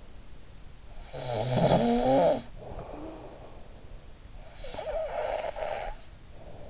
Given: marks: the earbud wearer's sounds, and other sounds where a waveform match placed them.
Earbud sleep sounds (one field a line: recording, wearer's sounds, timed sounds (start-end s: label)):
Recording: sounds in sleep by an in-ear microphone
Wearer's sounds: snoring breath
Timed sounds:
0.70-3.56 s: snoring breath
4.02-6.42 s: snoring breath